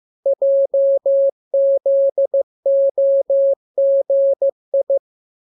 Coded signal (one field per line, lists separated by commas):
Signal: Morse code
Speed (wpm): 15 wpm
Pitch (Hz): 550 Hz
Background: none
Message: JZOGI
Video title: Learning Morse Code. Lesson 26. Letter KMURESNAPTLWI.JZ=FOY,VG5/Q9